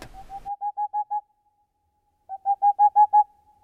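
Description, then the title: Boreal Owl song: two fast runs of several hollow hoots. Featured as the nature sound of the week. "Viikon luontoääni: Helmipöllö"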